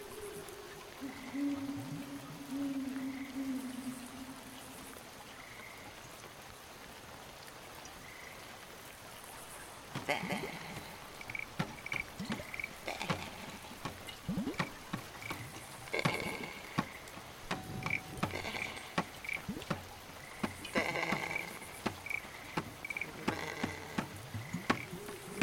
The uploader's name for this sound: Night Sounds from the woods and water and other weird animals